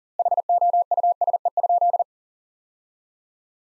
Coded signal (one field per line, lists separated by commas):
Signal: Morse code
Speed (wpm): 40 wpm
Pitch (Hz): 700 Hz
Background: none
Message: HOUSE?